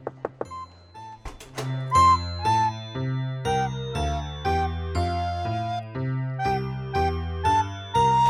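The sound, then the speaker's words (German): A small ensemble plays a lilting tune: a recorder carries a sustained melody over steady piano chords played by a teacher, with bright glockenspiel strikes played by a girl ringing out, opening with a few sharp metallic taps. “Ein Mädchen hat Glockenspiel gespielt und die Lehrerin saß am Klavier.”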